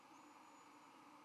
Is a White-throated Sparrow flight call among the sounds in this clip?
no